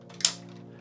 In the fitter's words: you can really hear it snap and lock and they are solid now they are not gonna drop